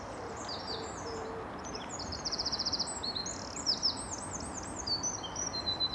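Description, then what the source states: Eurasian wren song: high, rapid trills and chattering notes, one fast buzzy trill mid-way, over steady background hiss. At least two wrens singing, overlapping or answering each other in bursts with trills.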